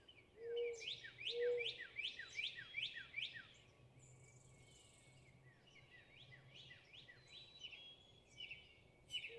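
Northern cardinal song: repeated down-slurred whistles in a quick string that fades into softer notes, with two low coos at the start.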